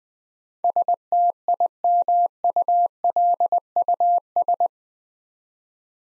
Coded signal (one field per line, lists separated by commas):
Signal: Morse code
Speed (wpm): 20 wpm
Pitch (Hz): 700 Hz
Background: none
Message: STIMULUS